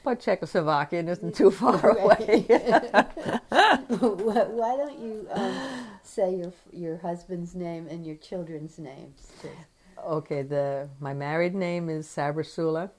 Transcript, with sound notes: But Czechoslovakian isn't too far away.
Right. [laughter] Why don't you say your — your husband's name and your children's names?
Okay, the — my married name is Sabrsula.